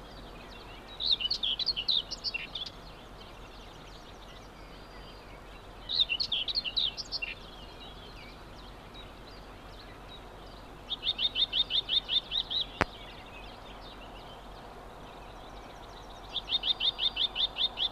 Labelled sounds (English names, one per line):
Common Whitethroat song